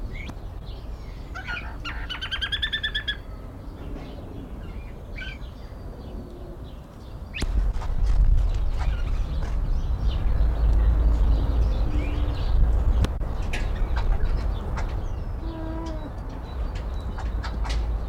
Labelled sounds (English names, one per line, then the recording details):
White-necked Laughingthrush
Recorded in captivity
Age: adult
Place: Tierpark Berlin, Berlin, DE
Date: 1994-04-08 12:16
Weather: sonnig, 5°C
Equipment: Marantz CP 430, Sennheiser ME 80, Kopie Uher Variocord 263
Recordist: Tembrock, Günter
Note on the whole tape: Lautfolge mit Flügelschlagen, weitere Lautfolgen